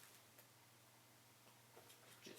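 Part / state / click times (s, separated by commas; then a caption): optical drive into computer case drive bay / not seated / none. An optical drive is picked up and brought to the front 5.25-inch bay of a computer case, ready to slide in. Only quiet handling noise is heard over a low steady hum, with a brief faint tick at 0.4 s. Nothing has seated or clicked yet.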